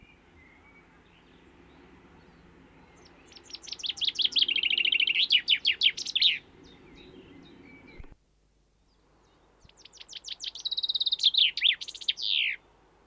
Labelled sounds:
Common Chaffinch

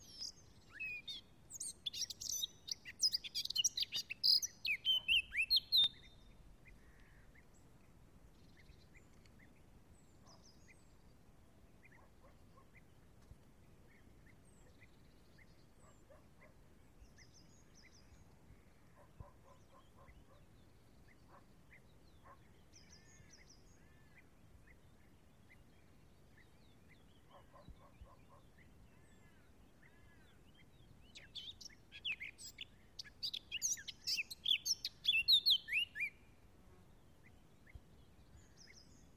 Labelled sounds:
Eurasian Blackcap song

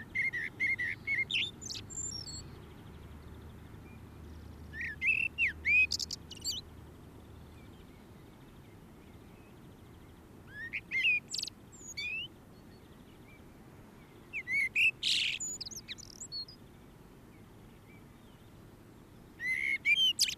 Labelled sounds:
Common Blackbird song

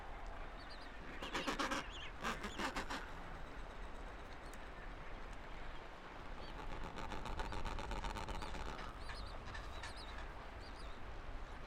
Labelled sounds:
Gentoo Penguin call

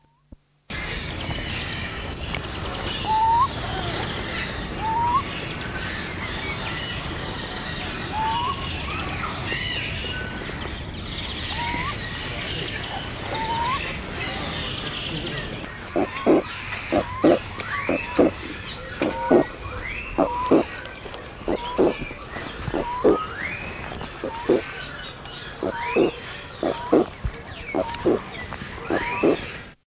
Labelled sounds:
Little Chachalaca call

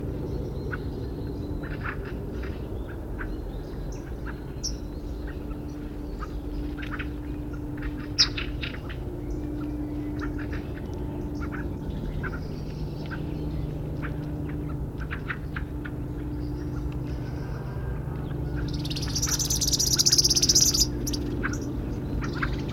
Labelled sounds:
Yellowhammer call

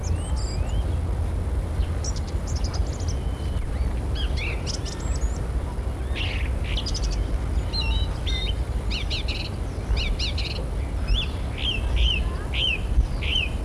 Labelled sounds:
European Starling song

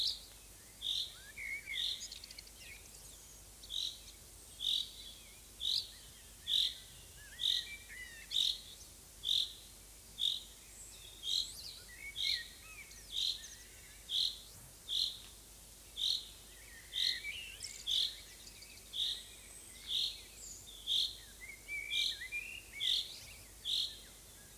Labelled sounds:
Common Chaffinch call

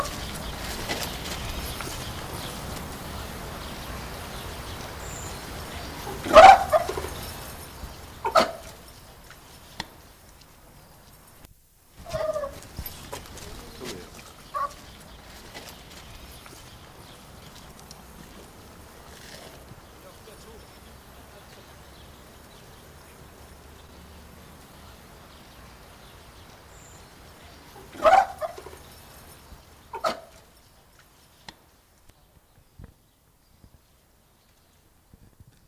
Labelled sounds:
South American Fur Seal defence call

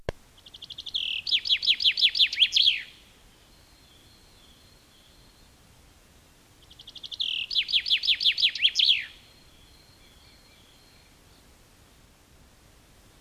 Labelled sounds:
Common Chaffinch song

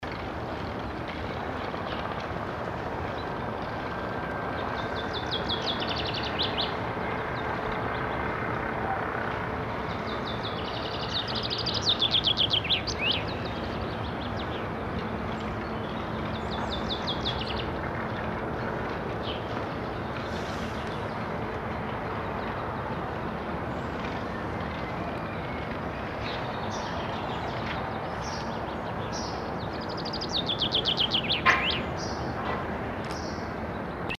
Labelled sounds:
Common Chaffinch song
Eurasian Tree Sparrow

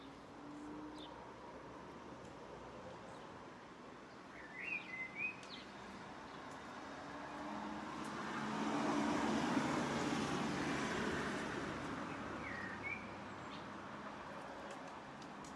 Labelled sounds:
Common House Martin call

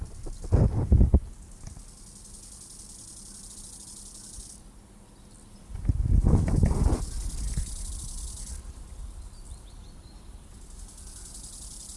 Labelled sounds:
Bow-winged Grasshopper stridulation

